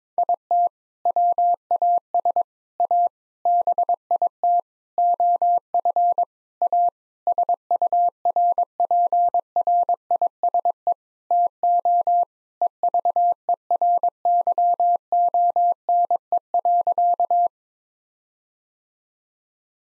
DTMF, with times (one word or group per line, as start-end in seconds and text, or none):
none